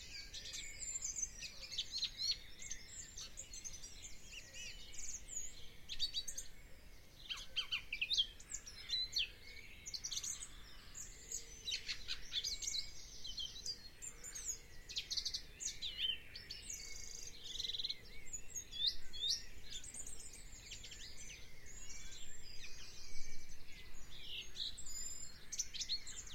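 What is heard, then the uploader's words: A dawn chorus of many birds singing at once, with a sparrow's chirps among them. Dense, overlapping high chirps and trills run throughout the 26 seconds without pause, some calls briefly louder near the middle and end, over a low steady hiss. The dawn chorus and the little sparrow that started it all.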